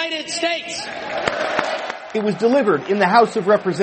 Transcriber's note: applause